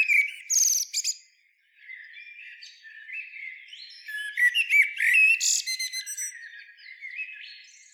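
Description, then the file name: Eurasian blackbird song opening with a short squeaky burst, then after a pause a longer flowing phrase of soft whistles and high chattering notes fading away. "Turdus merula"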